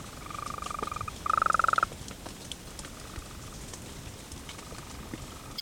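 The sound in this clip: Golden toad call: a steady pulsed trill at mid pitch, a quieter trill first and then a louder one lasting about half a second, over a soft patter like rain.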